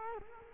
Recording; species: mosquito wingbeat signal from an infrared sensor; Culex quinquefasciatus